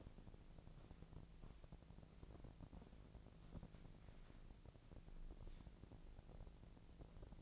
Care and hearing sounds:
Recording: daily activity, microphone in the room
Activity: walk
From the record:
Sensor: 5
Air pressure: 1012.2 hPa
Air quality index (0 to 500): 156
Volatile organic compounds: 2 ppm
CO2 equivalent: 1072 ppm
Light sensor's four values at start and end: 341/823/351/391 and 339/818/349/389

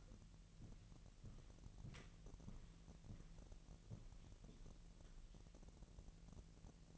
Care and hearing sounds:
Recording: daily activity, microphone in the room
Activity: walk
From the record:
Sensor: 4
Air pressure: 1003.0 hPa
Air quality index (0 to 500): 248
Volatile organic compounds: 27 ppm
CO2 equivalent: 2880 ppm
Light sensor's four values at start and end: 8/17/7/7 and 8/17/7/7

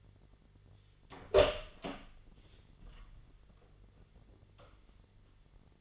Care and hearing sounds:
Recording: daily activity, microphone in the room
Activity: open door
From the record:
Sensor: 4

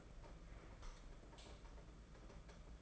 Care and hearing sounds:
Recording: daily activity, microphone in the room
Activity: light on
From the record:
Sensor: 5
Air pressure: 992.1 hPa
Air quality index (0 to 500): 202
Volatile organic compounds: 1000 ppm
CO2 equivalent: 5846 ppm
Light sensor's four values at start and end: 8/19/7/8 and 8/19/7/8

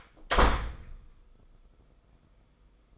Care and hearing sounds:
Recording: daily activity, microphone in the room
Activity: close door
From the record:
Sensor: 5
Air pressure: 990.6 hPa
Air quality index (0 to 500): 150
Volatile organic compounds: 162 ppm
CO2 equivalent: 4075 ppm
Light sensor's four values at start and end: 27/65/26/29 and 27/64/26/29

